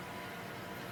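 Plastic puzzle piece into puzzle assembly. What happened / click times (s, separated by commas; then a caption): Handled, not yet home: no seating snap heard / none. A lubricated plastic twisty-puzzle piece is handled and pushed toward the assembled puzzle part, with a steady broadband hiss throughout and no distinct transients. Nothing has seated or snapped in yet by the end of the clip.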